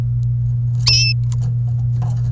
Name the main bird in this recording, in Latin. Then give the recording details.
Serinus canaria. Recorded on 27 April 2018 at 08:33. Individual llb3